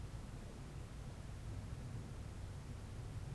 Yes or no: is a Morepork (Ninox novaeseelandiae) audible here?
no